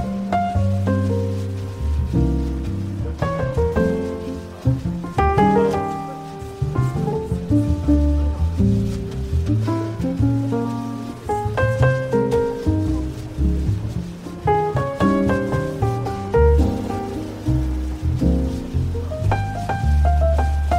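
Mellow café music plays steadily, with warm low bass notes and a melody of clear, plucked-sounding tones changing every second or so. A faint soft wash runs underneath, and the level stays fairly even throughout.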